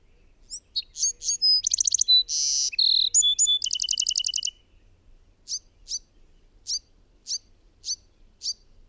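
Bird sings a fast, varied phrase of whistles, buzzes and a trill, then gives a series of short high chip notes.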